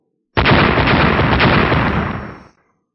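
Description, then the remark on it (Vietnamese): A sudden, loud explosive blast of three simultaneous explosions erupts and roars with a dense, rumbling wash for about two seconds before tapering off. No voices are heard. “Ba tiếng nổ đồng thời vang lên, lần nữa ba chuôi thanh sắc cử kiếm lại bị bật ra, ánh sáng bạch sắc chỉ hơi chấn động một chút lại khôi phục như lúc ban đầu.”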